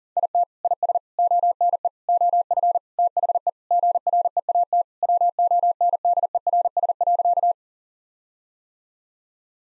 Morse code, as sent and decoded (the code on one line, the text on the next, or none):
.. - / .. ... / --- -. . / --- ..-. / - .... . / --. .-. . .- - / .-- --- -. -.. . .-. ... .-.-.-
IT IS ONE OF THE GREAT WONDERS.